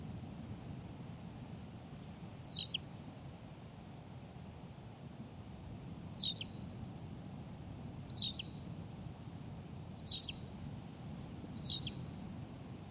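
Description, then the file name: Tawny pipit song: a brisk, high, falling phrase repeated five times at uneven gaps, over low rumble. "Pipit rousseline Anthus campestris"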